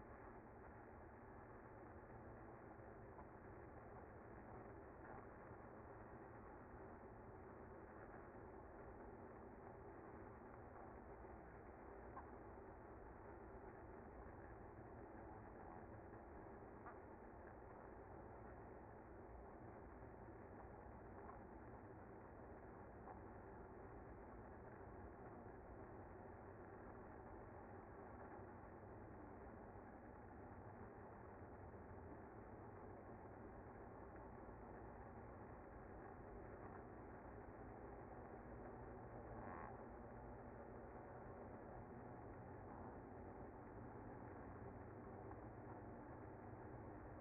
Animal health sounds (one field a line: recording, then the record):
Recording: honeybee colony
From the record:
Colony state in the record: active